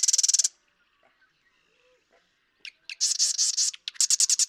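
Marsh Wren song: a short rattle ends, then after a pause clicks lead into a fast, choppy, buzzing trill broken into two parts.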